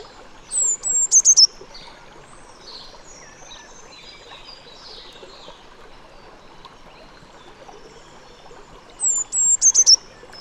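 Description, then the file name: Eurasian blue tit call, a high thin note and a quick burst of three or four sharp notes, heard twice about eight seconds apart, with steady background hiss. "Cyanistes caeruleus"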